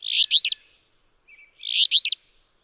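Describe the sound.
Alder flycatcher song: two short, burry, buzzy three-part phrases about 1.6 seconds apart, with a faint thin note between them.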